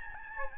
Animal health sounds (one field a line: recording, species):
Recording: mosquito wingbeat signal from an infrared sensor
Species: Aedes albopictus